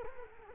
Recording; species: mosquito wingbeat signal from an infrared sensor; Culex quinquefasciatus